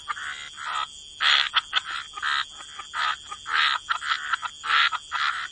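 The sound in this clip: Frog chorus of short raspy croaking bursts, irregularly spaced with brief quiet gaps, over a constant high-pitched background hiss.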